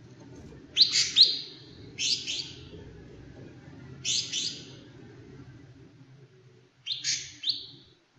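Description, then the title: Leafbird gives four bright, paired chirping bursts separated by uneven gaps, with a low droning hum underneath. "CUCAK IJO"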